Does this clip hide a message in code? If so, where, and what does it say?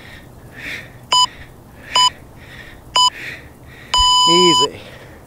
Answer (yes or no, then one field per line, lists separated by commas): no